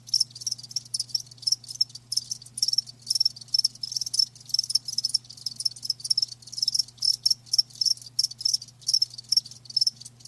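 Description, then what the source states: Crickets chirp in rapid, high, buzzy pulses, repeated steadily through the whole stretch with only short gaps, a faint low hum beneath. Live crickets chirping with a lulling song.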